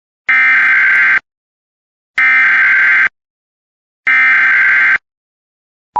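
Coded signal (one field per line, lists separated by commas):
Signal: Emergency Alert System (SAME) tones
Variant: header bursts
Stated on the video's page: EAS alerts captured during a Texas statewide tornado drill, mostly civil SAME codes such as CEM, LAE, LEW, CDW.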